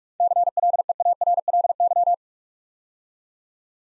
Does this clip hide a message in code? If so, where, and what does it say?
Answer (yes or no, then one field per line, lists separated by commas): yes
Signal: Morse code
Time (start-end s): 0.2-2.1 s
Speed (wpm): 44 wpm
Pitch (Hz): 700 Hz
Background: none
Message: CLEARLY